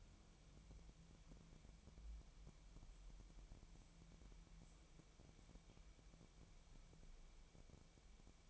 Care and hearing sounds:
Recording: daily activity, microphone in the room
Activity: wipe stove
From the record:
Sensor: 1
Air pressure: 1000.6 hPa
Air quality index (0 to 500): 184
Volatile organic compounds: 4 ppm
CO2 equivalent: 1694 ppm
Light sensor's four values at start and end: 12/28/12/14 and 12/29/12/14

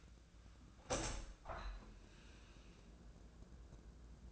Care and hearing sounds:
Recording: daily activity, microphone in the room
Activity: open window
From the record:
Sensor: 2

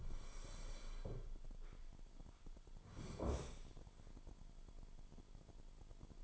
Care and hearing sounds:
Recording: daily activity, microphone in the room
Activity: sit down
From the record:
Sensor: 5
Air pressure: 998.6 hPa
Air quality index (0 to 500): 87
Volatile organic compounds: 2 ppm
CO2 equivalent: 994 ppm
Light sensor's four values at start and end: 34/81/34/37 and 34/82/34/37

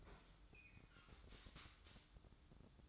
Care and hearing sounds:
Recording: daily activity, microphone in the room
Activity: open fridge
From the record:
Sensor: 3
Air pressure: 1007.7 hPa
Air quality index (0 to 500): 77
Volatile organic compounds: 1 ppm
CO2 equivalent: 665 ppm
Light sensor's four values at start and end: 12/29/12/12 and 12/29/12/12

